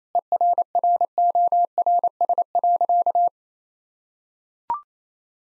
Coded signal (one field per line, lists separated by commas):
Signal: Morse code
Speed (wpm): 28 wpm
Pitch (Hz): 700 Hz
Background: none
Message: ERRORS.